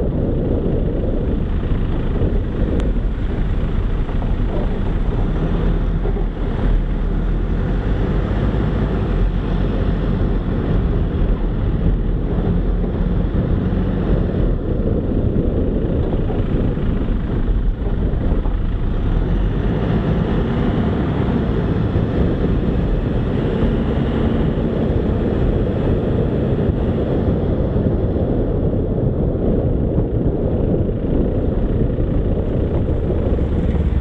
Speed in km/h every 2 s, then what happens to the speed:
16, 12, 12, 15, 18, 19, 21, 17, 15, 19, 26, 35, 40, 38, 32, 24, 15.
4-12 speeds up to 21. 12-16 slows to 15. 16-25 speeds up to 40. 25-32 brakes to 15.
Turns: none.